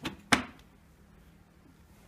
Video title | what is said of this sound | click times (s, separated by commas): Should You Buy That Old Spinning Wheel? | and then this just slots in and snaps right into place | 0.3 s